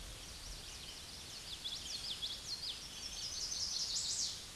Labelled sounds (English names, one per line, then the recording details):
Common Yellowthroat song
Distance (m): 25 m
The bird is about 5 m above the microphone
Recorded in a Pennsylvania forest on 16 May 2024 at 09:34
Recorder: AudioMoth, point MSD-2429
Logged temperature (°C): 16.7 °C
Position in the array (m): 90 m, 93 m